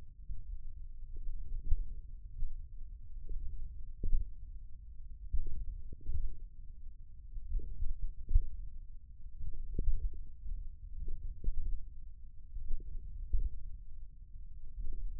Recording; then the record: forearm muscle sounds (acoustic myography)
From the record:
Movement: tripod grip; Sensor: system 1, eight BSWA MPA416 microphones around the upper forearm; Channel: 6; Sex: male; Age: 28 years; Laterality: right